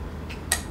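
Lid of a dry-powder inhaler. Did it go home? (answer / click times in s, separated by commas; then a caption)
yes / 0.5 s. The lid of a dry-powder inhaler is opened fully, with a faint rustle near 0.3 s and a sharp click at 0.5 s as it reaches full open. The lid is seated fully open; a partial opening makes no sound. No one talks.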